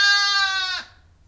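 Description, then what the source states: Sheep bleat, a sustained tone that fades away after almost a second, leaving near silence. A ewe outside gives occasional replies, recorded from inside a barn.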